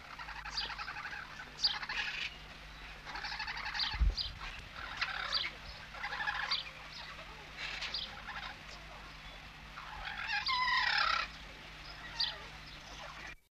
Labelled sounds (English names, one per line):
Red-necked Amazon call